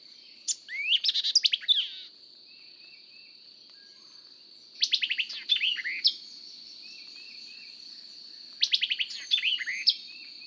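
White-eyed Vireo song: three quick, emphatic phrases of sharp slurred notes, roughly every four seconds, over a steady high insect drone.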